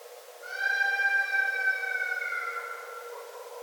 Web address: Red Fox 2011 12 09 Red Fox